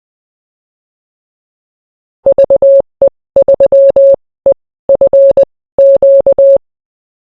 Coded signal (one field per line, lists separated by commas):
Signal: Morse code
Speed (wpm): 20 wpm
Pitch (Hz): 550 Hz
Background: none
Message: V E 3 E F Q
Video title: Noganosh: 5 Nights with an HF, a Pi and a Pizza